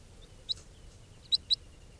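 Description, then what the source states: Crossbill calls: three short, sharp, high chips, one alone and then a close pair near the end, in an otherwise quiet background. Juvenile, bird 431, recorded in captivity just after capture at 8:39; it had also been recorded in the wild before capture.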